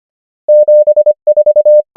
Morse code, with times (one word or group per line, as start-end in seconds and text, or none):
0.5-1.1 7
1.3-1.8 4